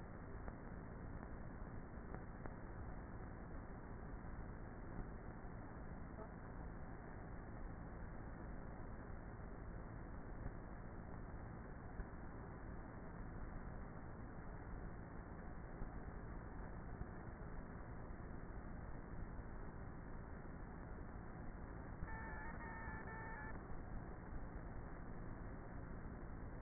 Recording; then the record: honeybee colony, microphone inside the hive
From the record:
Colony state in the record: queenless with a low population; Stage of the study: before two queens were removed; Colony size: about 30,000 bees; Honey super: no